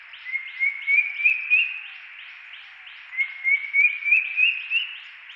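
Drongo-cuckoo giving two runs of about six clear whistled notes, each run climbing steadily in pitch over roughly a second and a half, with a short pause between.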